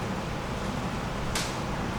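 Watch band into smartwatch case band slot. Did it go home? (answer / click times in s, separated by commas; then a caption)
yes / 1.4 s. A watch band piece is closed into the band slot on an Apple Watch Series 8 case and locks into place. A single sharp click is heard at 1.4 s over steady low background noise. No one talks.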